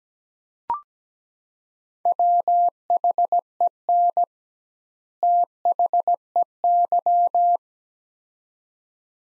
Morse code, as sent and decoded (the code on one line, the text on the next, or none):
.-- .... . -. / - .... . -.--
WHEN THEY